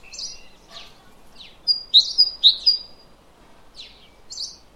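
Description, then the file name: Great tit phrase: a short burst of three or four sharp, high repeated notes amid other thin chirps and a soft background hum. "Parus major"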